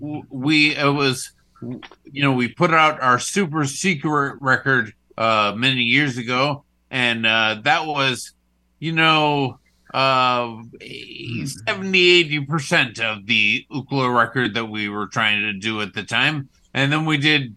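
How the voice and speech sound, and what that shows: Slow, slurred adult male speech with drawn-out vowels, blurred consonants and flat pitch, fitting mild dysarthria following a stroke.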